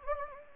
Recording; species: mosquito wingbeat signal from an infrared sensor; Anopheles gambiae